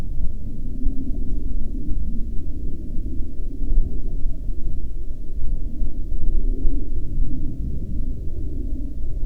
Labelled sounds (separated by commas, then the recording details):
aircraft
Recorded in Ivvavik National Park, Yukon, on 4 May 2019 at 23:26
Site SINP09